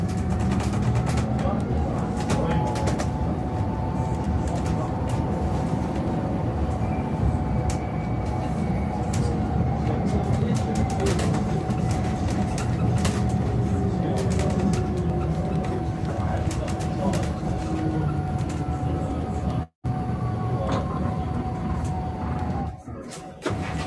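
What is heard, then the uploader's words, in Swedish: A bus ride, with a steady low engine rumble that fills the whole clip and a constant whining tone above it. Frequent small clicks and rattles sound throughout, with faint voices underneath. The sound cuts out briefly at about 20 seconds. Åka Buss.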